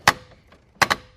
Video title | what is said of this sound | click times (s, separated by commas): Thule Force XT Series of Rooftop Cargo Boxes Overview and Key Features | And there's the click. That way I know it's not over or under tightened. | 0.1 s